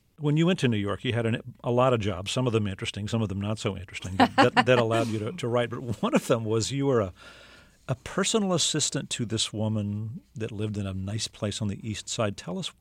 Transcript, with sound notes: When you went to New York, you had a lot of jobs, some of them interesting, some of them not so interesting.
(LAUGHTER)
That allowed you to write. One of them was you were a personal assistant to this woman that lived in a nice place on the East Side.